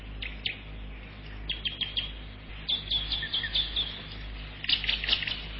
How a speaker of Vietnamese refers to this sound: Con gà mái vàng dắt bầy con đi kiếm ăn, mẹ đứng trên đống rác mà bươi, con chạy xung quanh kêu chét chét.